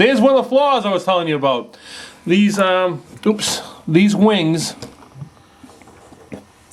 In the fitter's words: should click in they just stand by friction and